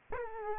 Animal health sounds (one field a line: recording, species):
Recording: mosquito wingbeat signal from an infrared sensor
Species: Aedes aegypti